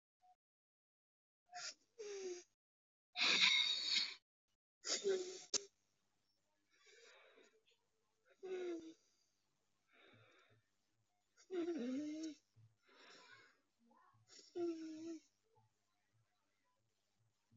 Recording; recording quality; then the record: deep breathing; excellent, no background noise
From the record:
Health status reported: exposed to COVID-19, no respiratory illness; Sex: female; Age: 22 years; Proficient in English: yes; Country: India